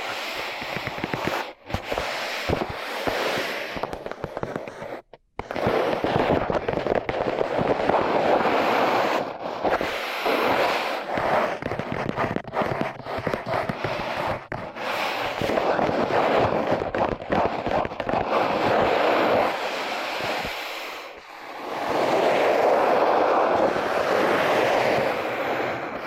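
Tape over the microphones is rubbed and tapped, making dense crackling and crinkling that runs almost without pause. Brief silent gaps break it near 1.5 and 5 seconds, and a softer dip comes around 21 seconds before the loud scratching returns.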